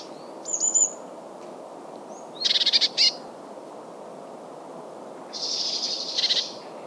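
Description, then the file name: Eurasian blue tit opening with thin high notes, then a harsh rattling churr and a softer, smeared buzzy trill toward the end. "Cyanistes caeruleus"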